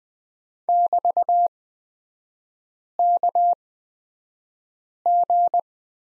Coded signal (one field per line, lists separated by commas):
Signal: Morse code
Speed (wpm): 20 wpm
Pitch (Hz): 700 Hz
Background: none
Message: <BT>KG